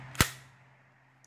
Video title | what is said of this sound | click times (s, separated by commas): Walther P99 Foam Dart Gun Review/Firing demo/Chrono Test | until you hear the click and then you pull it back forward like so it | 0.2 s